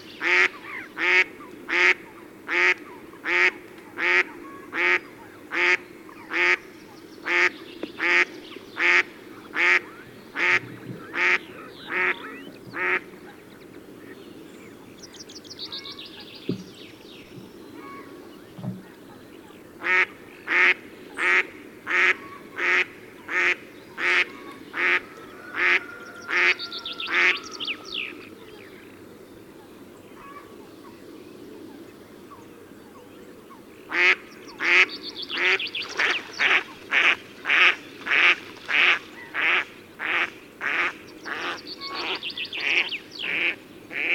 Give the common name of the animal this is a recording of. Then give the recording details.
Mallard. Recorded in the wild. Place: Schwerin, Mecklenburg-Vorpommern, DE. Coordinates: 53.6, 11.435. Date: 1984-04-22. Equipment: Nagra III BH, Sennheiser MD 21, parabola. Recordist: Schubert, Michael. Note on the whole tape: Rufe Stockenten Männchen und Abflug eines Paares